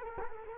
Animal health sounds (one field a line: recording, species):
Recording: mosquito wingbeat signal from an infrared sensor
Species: Culex quinquefasciatus